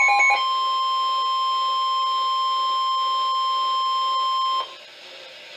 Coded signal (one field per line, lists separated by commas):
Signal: Emergency Alert System (SAME) tones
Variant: 1050 Hz attention tone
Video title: EAS #1039 - Severe Thunderstorm Warning 5-16-2015